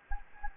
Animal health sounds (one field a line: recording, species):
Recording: mosquito wingbeat signal from an infrared sensor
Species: Anopheles gambiae